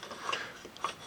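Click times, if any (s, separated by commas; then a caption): none. A plastic cannon's clip is pushed into a small catch on the mount of a 1988 G.I. Joe toy vehicle, with a few short ratchet-like plastic clicks and light rubbing heard. The clip ends before the part goes home, so nothing has seated or clicked into place yet.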